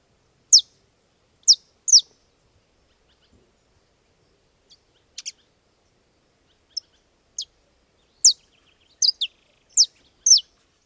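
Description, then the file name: Saffron finch song: sharp descending high chirps given singly and in quick pairs, spaced irregularly throughout against a near-silent background. "canario da terra"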